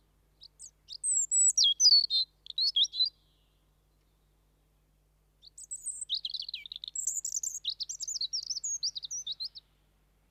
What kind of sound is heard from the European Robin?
song